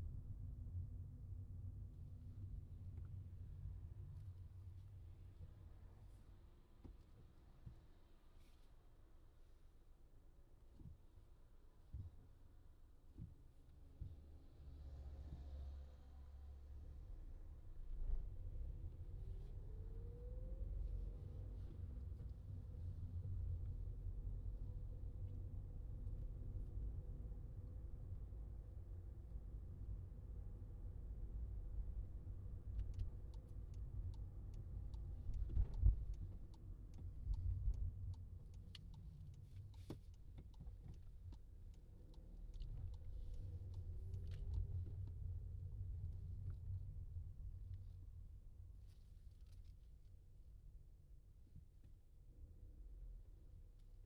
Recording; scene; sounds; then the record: everyday scene through a hearing-aid microphone; in a vehicle; engine, traffic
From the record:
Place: Skoda Fabia, gasoline engine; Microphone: in the ear canal, left